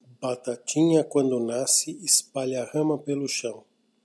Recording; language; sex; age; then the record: short text; Brazilian Portuguese; male; 50 to 59 years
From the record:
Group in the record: control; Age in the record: 53 years